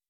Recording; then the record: hydrophone in a shrimp aquaculture tank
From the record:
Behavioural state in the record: weakened